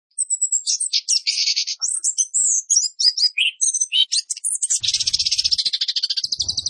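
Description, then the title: Orange-headed thrush song, a dense mix of high whistles and harsh buzzy notes ending in a fast rattling trill, with a faint low thumping. Masteran recording for training cage birds, with material called roll speed; clear sound quality. "Masteran Anis Kembang materi Roll Speed"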